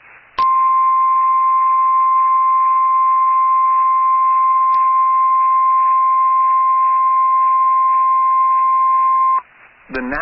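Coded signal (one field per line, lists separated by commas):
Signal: Emergency Alert System (SAME) tones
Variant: 1050 Hz attention tone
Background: speech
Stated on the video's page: Severe Thunderstorm Warning on NOAA Weather Radio for Colfax, Cuming and Stanton counties, Nebraska, from NWS Omaha.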